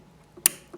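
A network cable plug is pushed into the link port of the second unit and snaps into place with a sharp, bright click at 0.5 s, seating it and locking it firmly. A much fainter tick follows at 0.7 s.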